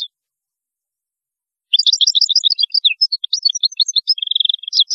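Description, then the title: European goldfinch song: after a silent start, a fast, tinkling stream of high twittering notes with a short buzzy trill near the end. "Chant Chardonneret"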